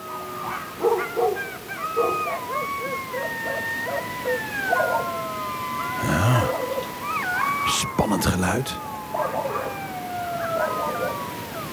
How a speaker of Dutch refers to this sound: En die stuurde dit geluid in. Hij hoort 's avonds en 's nachts in de heuvels vaak het janken der jakhalzen.